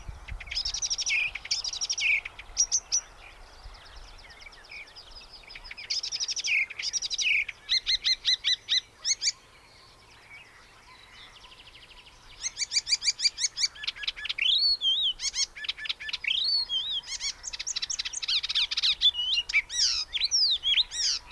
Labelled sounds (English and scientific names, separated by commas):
Icterine Warbler (Hippolais icterina) song